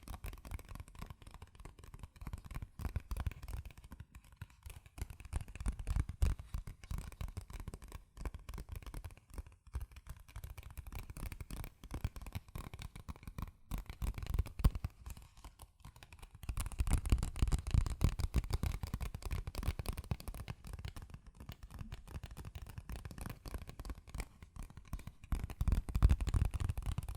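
Fast tapping, scratching and tracing on cardboard and paper, a dense run of dry clicks and scrapes with no pauses. The sound is mostly low and papery, swelling louder and fuller around sixteen seconds and again near twenty-six.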